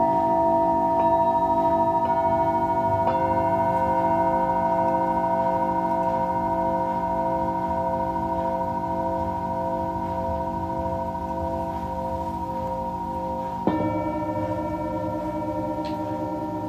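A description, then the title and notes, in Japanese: Singing bowls ring in a sustained, shimmering drone, with new strikes near one, two, three and fourteen seconds adding bright overtones. シンギングボウルのサウンドヒーリング。チベタンシンギングボウル。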